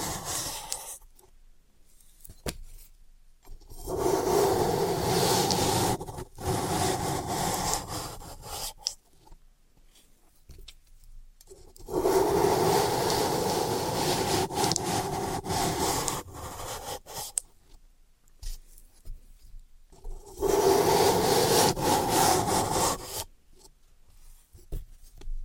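Floral foam being cut and crushed in three long, dense bursts of rough, grainy scraping, at about 4–9, 12–17 and 20–23 seconds. Each burst is steady and textured with a low gritty body, separated by near-silent gaps holding a few small taps and clicks.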